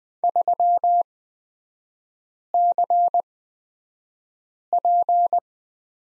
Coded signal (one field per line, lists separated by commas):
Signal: Morse code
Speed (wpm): 20 wpm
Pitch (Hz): 700 Hz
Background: none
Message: 3CP